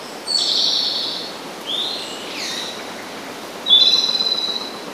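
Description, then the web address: Japanese robin singing: a bright high phrase, a brief sliding phrase with a falling note, and a final sharp rattling trill. "izumino saunndo komadori"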